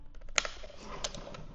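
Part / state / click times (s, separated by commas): fuel pump basket clips into fuel pump assembly housing / seated / 0.4 s, 1.1 s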